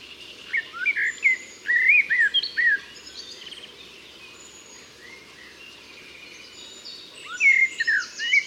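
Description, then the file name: Common blackbird song, several fluted warbling phrases in the first three seconds, a pause, then another warbled phrase ending in high twitters. "Turdus merula"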